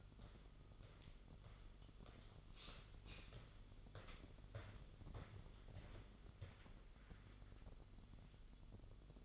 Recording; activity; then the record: daily activity, microphone in the room; walk to room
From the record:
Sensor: 4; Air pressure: 1009.0 hPa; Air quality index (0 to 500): 138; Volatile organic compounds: 2 ppm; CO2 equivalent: 1002 ppm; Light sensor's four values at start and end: 14/33/13/12 and 13/29/11/11